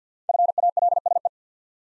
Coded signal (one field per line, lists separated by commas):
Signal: Morse code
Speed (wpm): 53 wpm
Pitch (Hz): 700 Hz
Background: none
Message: FALSE